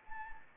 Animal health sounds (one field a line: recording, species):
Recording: mosquito wingbeat signal from an infrared sensor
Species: Anopheles arabiensis